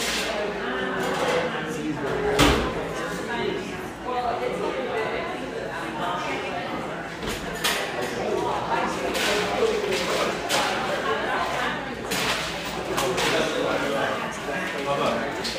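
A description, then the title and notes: A steady crowd of overlapping voices chatters in Portland's Pearl District, dense and unbroken for the whole stretch. Sharp clattering knocks cut through now and then, at about 2.5, 7.5, 10.5, 12 and 13 seconds, over a faint low hum. Pearl District, Portland, Oregon.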